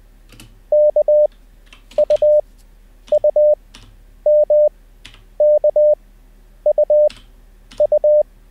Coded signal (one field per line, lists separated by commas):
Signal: Morse code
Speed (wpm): 20 wpm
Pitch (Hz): 600 Hz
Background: none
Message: KUUMKUU